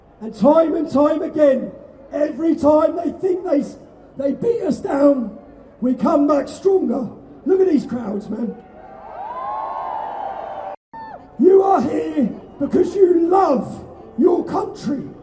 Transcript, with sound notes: And time and time again, every time they think they beat us down, we come back stronger. Look at these crowds, man!. (cheers) 'You are here because you love your country,